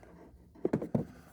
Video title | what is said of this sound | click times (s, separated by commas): Dreame L60 Pro Ultra Robot – How to Clean & Maintain Your Robot Vacuum | Put these top ears in. Rotate it until you hear it click. | 1.0 s